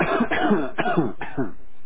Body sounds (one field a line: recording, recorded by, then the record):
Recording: voluntary cough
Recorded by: telephone call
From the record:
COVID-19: positive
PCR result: self-reported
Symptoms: yes